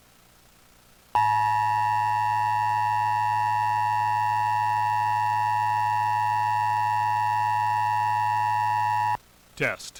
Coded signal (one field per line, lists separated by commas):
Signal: Emergency Alert System (SAME) tones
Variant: 853 and 960 Hz attention tone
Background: speech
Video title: EAS: Pennsylvania Required Monthly Tests (12/19/19)(EAS #234-238)